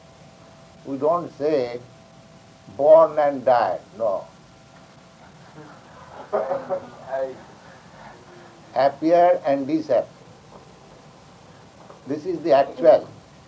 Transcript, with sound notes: We don't say born and died. No. [laughter] Appear and disappear. This is the actual